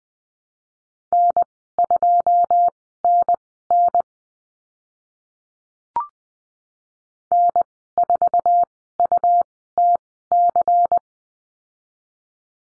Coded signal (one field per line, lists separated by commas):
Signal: Morse code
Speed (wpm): 20 wpm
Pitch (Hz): 700 Hz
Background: none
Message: N2NN N4UTC